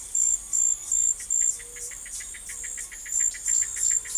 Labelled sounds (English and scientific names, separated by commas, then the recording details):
none
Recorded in forest near Pivijay, Magdalena, Colombia, on 2 June 2023 at 18:00
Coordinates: 10.467, -74.380
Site Z5-G034